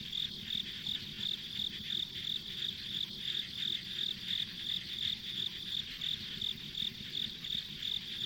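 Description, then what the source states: Pulsing high insect chirps about three each second ride over a continuous shrill buzz and low ambient noise. Ambient insect sounds on a rural country road.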